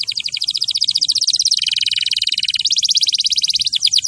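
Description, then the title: Canary delivering continuous rolling trills, quick repeated notes merging into a steady buzzy phrase, then a brighter trill and a few separate chirps at the end. Champion canary song used as a master recording for training other birds to sing. "Masteran Kenari Juara"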